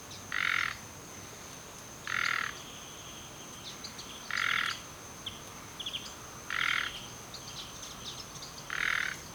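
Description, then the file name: Common nightingale repeating a brief grating croak roughly every two seconds, five times, with soft scattered whistled notes in between over a constant high-pitched hum. "Luscinia megarhynchos"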